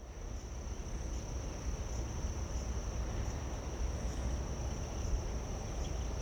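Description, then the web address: Crickets producing a steady, unbroken high-pitched trill throughout, with a low rumbling background noise beneath it. Recorded in late summer. "Kerman Eckes WIB-Electa Quinney. Late Summer Crickets, Doves"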